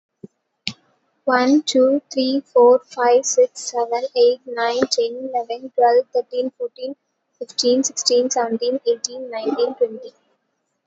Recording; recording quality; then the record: counting at a fast pace; excellent, no background noise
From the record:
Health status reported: COVID-19 positive, no symptoms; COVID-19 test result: positive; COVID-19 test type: rapid antigen test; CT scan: not taken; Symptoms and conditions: another condition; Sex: female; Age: 26 years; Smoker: no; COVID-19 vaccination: both doses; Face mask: not worn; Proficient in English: yes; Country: India